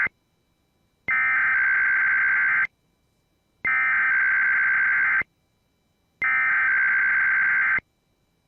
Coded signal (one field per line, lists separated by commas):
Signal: Emergency Alert System (SAME) tones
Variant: header bursts